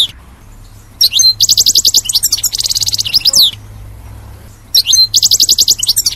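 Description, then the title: European goldfinch song, loud rippling trills and twittered notes in two bursts broken by a pause, over a soft low background hum. "Chant Chardonneret"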